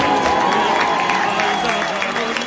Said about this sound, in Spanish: A ver, déjame ponerte unos aplausitos aquí para gracias. Que... mira, hay gente aplaudiendo.